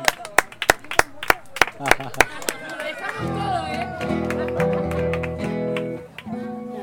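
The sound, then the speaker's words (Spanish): Scattered, sharp hand claps of audience applause for the dancers ring out for about three seconds, loud and somewhat uneven in rhythm, before giving way to sustained voices and tonal, music-like sound. “Un aplauso a las bailarinas acá.”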